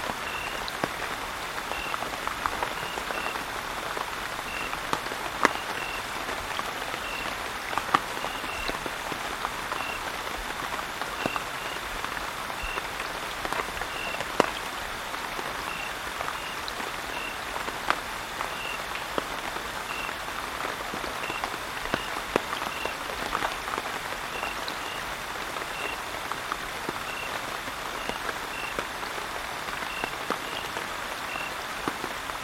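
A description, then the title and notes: Steady, dense rain patters for the whole stretch, with scattered sharper drops and a faint repeating chirp in the background. Soothing Rain.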